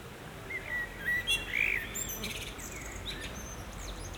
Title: Kruidtuin van Leuven, Kapucijnenvoer 30, 3000 Leuven, Belgique - Blackbirds